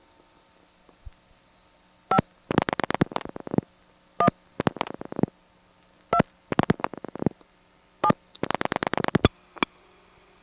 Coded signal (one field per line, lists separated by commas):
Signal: DTMF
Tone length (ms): 70 ms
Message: 5 1 2 7